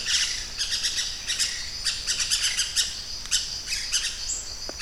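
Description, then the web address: Pyrrhura parakeet calls, harsh scratchy screeches in quick irregular bursts, with a steady high hiss behind. "parrots pyrrhura"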